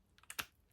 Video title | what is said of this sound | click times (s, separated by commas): DR PEN M8s At Home Micro-needling Routine - Save Money + Get Glowing Skin #microneedling | And you just apply it in so to the thing. I think you hear a click | 0.3 s